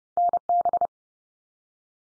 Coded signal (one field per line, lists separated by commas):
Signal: Morse code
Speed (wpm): 30 wpm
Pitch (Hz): 700 Hz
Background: none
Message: NB